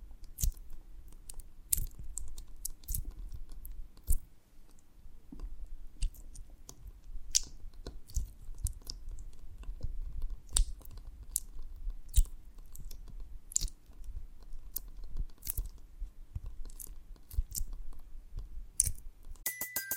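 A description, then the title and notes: Honeycomb on a branch being bitten and chewed, with frequent sharp crunchy clicks and wet chewing sounds over a low steady hum. ASMR of a Honeycomb on Branch (No Talking).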